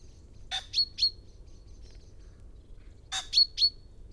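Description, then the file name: Common chaffinch giving two quick bursts of three bright, sharp call notes about two and a half seconds apart. "Fringilla coelebs"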